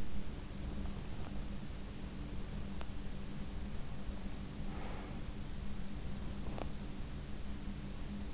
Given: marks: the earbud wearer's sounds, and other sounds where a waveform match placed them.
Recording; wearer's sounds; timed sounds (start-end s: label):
sounds in sleep by an in-ear microphone; breath
4.56-5.53 s: breath